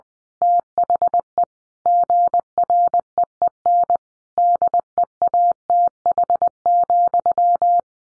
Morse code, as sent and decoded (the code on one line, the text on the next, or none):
- .... . / --. .-. . . -. / -.. . .- - .... --..--
THE GREEN DEATH,